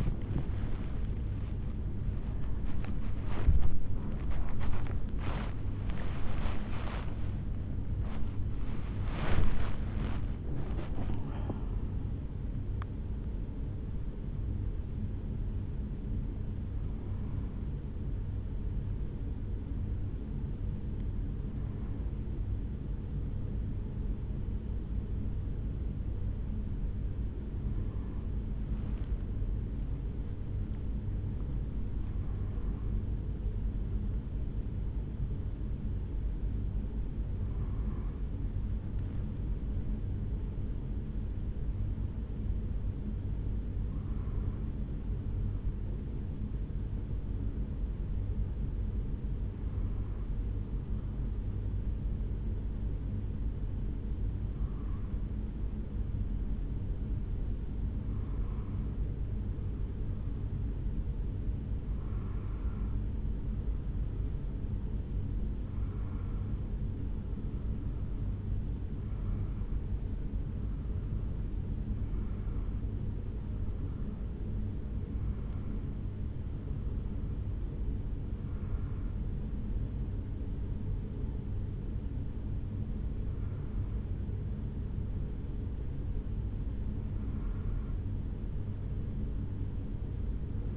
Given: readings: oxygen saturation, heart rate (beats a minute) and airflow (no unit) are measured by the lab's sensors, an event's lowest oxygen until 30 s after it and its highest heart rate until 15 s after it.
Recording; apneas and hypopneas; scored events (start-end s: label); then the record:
a person awake in a sleep study, by a smartphone at the bedside; 1
0.00-90.77 s: awake
31.00-79.60 s: hypopnea (scored as awake, oxygen 97% highest, then 93% lowest, heart rate 63 at the start, 70 highest)
From the record:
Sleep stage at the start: awake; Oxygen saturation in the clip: 91 to 97%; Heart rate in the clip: 63 to 77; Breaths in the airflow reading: 21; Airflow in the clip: -4.9 to 5.9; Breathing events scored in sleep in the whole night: 449 in 7.0 hours asleep